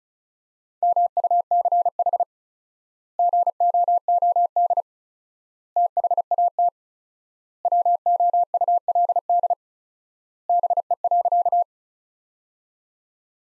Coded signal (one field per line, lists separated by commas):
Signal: Morse code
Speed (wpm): 34 wpm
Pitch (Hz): 700 Hz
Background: none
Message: MUCH GOOD THAT WOULD BE.